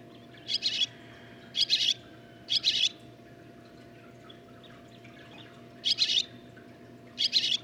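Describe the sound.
Barn swallow giving five brief clusters of quick, buzzy chirps at irregular intervals, a constant low hum in the background.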